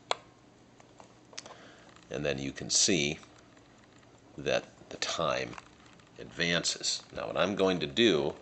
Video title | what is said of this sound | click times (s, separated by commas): Antique Jaeger travel alarm clock | to advance the time you pull this stem out until it clicks | 0.1 s